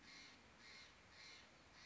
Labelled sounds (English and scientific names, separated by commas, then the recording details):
Steller's Jay (Cyanocitta stelleri)
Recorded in Sonoma County, California